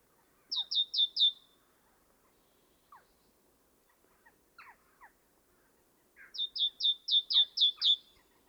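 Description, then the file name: Great tit song: a short run of four high repeated notes, scattered soft chirps, then a longer run of several notes. "Parus major"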